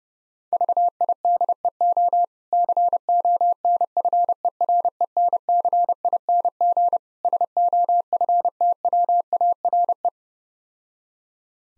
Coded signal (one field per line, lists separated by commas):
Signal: Morse code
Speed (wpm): 29 wpm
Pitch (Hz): 700 Hz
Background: none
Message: VIDEO CONFERENCING SOFTWARE